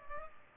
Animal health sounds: mosquito wingbeat signal from an infrared sensor; Culex pipiens

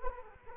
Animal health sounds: mosquito wingbeat signal from an infrared sensor; Culex quinquefasciatus

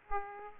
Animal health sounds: mosquito wingbeat signal from an infrared sensor; Aedes aegypti

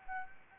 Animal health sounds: mosquito wingbeat signal from an infrared sensor; Anopheles gambiae

